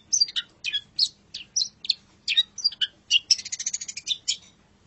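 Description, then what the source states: Long-tailed shrike song, a quick medley of high whistled slurs and scratchy notes, with a fast, rattling trill of chirps near the end. Masteran (tutor recording) of long-tailed shrike song.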